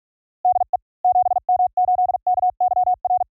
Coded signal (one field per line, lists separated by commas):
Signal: Morse code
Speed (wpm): 47 wpm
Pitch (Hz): 690 Hz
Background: none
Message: DE 7M8KYR